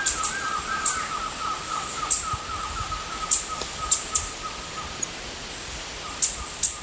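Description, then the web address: Green-and-gold tanager giving sharp, very high chip notes at irregular intervals, sometimes doubled, over a steady background tone. Eastern Lowlands of South America. "Natures Songs S America Eastern Lowlands Green-and-gold Tanager"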